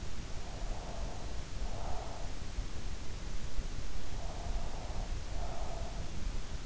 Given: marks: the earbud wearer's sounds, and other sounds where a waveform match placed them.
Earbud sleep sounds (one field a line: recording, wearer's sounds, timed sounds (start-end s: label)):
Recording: sounds in sleep by an in-ear microphone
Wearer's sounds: breath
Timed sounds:
0.24-2.62 s: breath
4.00-6.41 s: breath